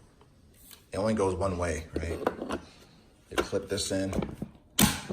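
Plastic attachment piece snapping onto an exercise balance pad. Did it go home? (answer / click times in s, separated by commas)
yes / 4.8 s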